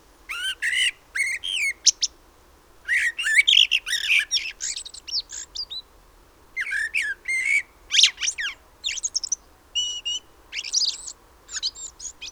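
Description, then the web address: Common blackbird calls: bursts of squeaky, scratchy chirps and short whistled notes in quick clusters, pausing briefly between groups, over a quiet background. "SETE Turdus merula"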